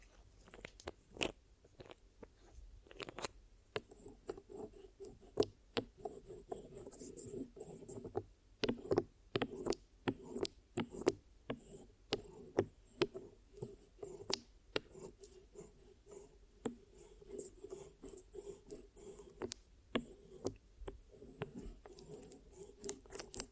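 Glue ear massage and cleaning: a steady run of sticky, crunchy crackles and pops, many sharp clicks per second. Sounds cluster in busy bursts with brief thinner gaps, over a soft low rumble, with a bright hiss above that comes and goes.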